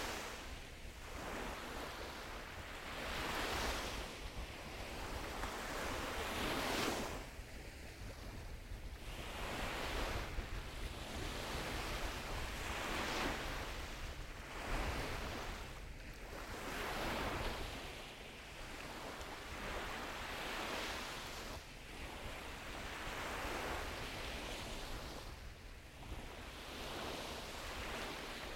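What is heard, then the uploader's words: Waves break on a beach in a steady rolling rhythm, each surge roaring and hissing every few seconds, with low wind rumble underneath. Ambience: Pensacola Beach, Florida. Listen to the waves as they hit the beach of Pensacola, Florida near Ft. Pickens.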